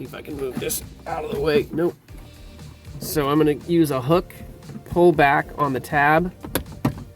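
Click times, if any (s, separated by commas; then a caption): 6.9 s. While swapping the door latch on a Tesla Model Y / Model 3, a hook pulls back the locking tab on a plastic wiring connector of the door latch harness inside the car door as someone talks. A sharp click at 6.9 s marks the lock tab releasing open, so the tab can then be pushed down while the connector is pulled apart.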